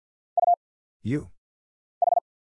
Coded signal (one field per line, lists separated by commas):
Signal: Morse code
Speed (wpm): 50 wpm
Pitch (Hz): 700 Hz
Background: none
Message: U H